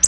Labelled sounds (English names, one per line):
Black-throated Blue Warbler flight call